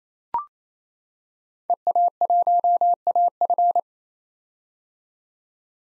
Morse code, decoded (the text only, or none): EA1AF